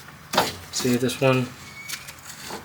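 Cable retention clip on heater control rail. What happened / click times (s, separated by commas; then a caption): The retaining clip is handled but has not clicked into place yet / none. The plastic cable retention clip that slides along the rail of the dash heater control on a 1967 Impala is handled, with brief rubbing and scraping sounds while someone talks. Nothing has seated or clicked yet; the clip is meant to be pushed to the end of the rail until it clicks in and holds the control cable.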